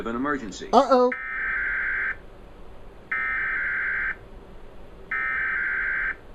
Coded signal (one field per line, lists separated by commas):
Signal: Emergency Alert System (SAME) tones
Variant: header bursts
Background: speech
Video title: (EAS#20) TV Required Weekly Test